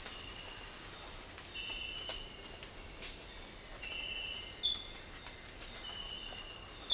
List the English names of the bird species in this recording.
none